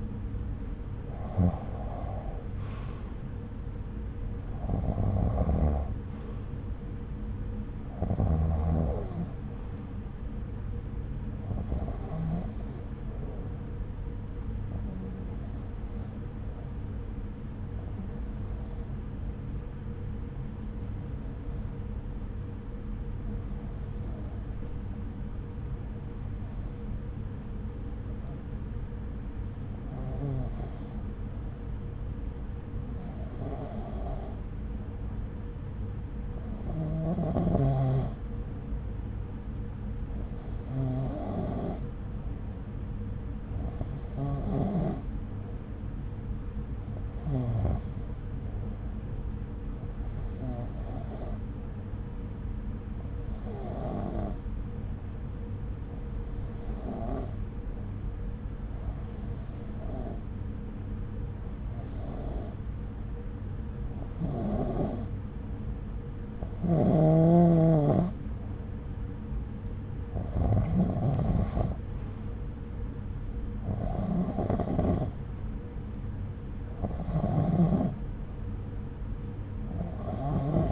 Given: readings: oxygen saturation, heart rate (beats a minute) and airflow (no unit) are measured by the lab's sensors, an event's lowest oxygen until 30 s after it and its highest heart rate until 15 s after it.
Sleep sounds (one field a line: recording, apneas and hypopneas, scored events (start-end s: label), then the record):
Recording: breathing in sleep by a smartphone at the bedside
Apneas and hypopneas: 1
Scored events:
21.00-67.90 s: hypopnea (REM, oxygen 96% highest, then 91% lowest, heart rate 68 at the start, 69 highest)
From the record:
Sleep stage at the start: REM sleep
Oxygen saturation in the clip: 91 to 96%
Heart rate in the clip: 65 to 71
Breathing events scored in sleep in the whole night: 303 in 8.1 hours asleep